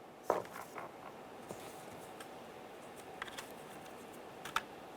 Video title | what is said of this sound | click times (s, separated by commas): How to Replace Side Mirror 2005-2010 Chevy Cobalt | Give it a little click, give them a tug as you go. | 0.3 s, 4.6 s